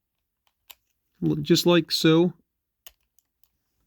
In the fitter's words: and they click right in it's kind of like the mean mechanism like using a pen it just clicks in